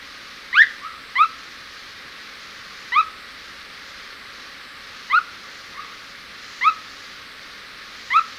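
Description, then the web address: Unicolored Tapaculo calls: short, sharp notes sweeping upward, some with a soft lower note following, repeated at irregular intervals over a quiet hiss. Recorded in Ecuador. "Birds of Ecuador 2. Unicolored Tapaculo"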